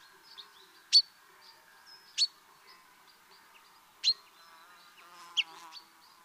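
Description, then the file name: Common chaffinch calls: four short, sharp notes at uneven intervals, faint twittering between them and a steady low hum underneath. "Fringilla coelebs"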